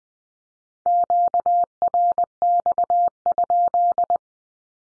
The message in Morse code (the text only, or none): QRX?